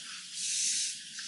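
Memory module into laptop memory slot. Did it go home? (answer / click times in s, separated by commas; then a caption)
no / none. A RAM stick for a Dell Latitude E6510 memory upgrade from 4GB to 8GB is wiggled up and down while being pressed forward into the laptop's memory slot. A steady broadband hiss runs through the whole 1.3 seconds, swelling in the middle, with no distinct click. Nothing has seated or clicked yet.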